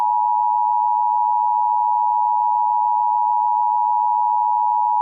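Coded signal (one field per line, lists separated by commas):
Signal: Emergency Alert System (SAME) tones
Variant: 853 and 960 Hz attention tone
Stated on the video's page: Mock EAS alert based on a real derecho that hit Houston.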